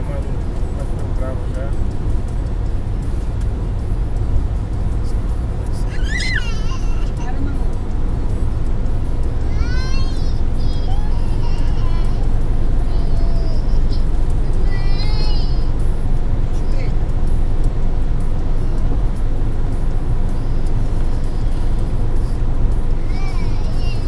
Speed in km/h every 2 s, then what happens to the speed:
141, 142, 144, 145, 148, 151, 154, 155, 154, 154, 154, 153.
0-14 speeds up to 155. 14-24 steady at about 154.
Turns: none.